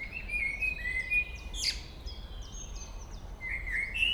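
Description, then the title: Common blackbird song: whistled notes, then a sharp sweep and a higher squeaky ending. Local bird singing at Chemin des cris, Chindrieux, France. "Chemin des cris, Chindrieux, France - Merle"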